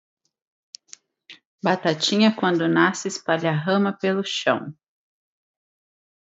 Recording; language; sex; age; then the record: short text; Brazilian Portuguese; female; 30 to 39 years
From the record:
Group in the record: control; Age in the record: 38 years